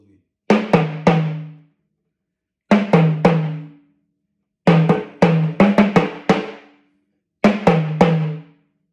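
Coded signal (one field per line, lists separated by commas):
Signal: talking drum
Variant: Yoruba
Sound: resonant drum strokes in four phrases of 3, 3, 7 and 3, with pitch changes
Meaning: The produce on the head of the plantain tree is edible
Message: Jijẹ ni, ẹrù orí ọ̀gẹ̀dẹ̀, jijẹ ni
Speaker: The name one is Jijẹ ni ẹrù orí ọ̀gẹ̀dẹ̀. Jijẹ ni.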